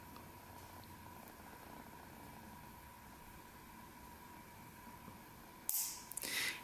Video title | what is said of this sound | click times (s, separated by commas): How to Inject Tremfya at Home | and when you hear that click you're done so you remove the pen | 5.7 s